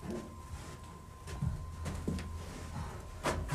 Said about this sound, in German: Da rein. Mach die Tür auf und geht da rein.